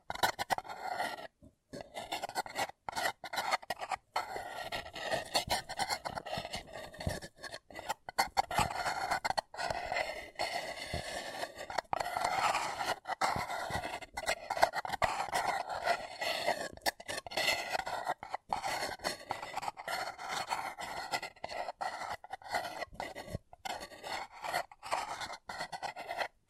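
Paper cup tingles: dense, continuous crinkling and scratching, rasping and bright, with frequent brief silent gaps and no letup across the clip.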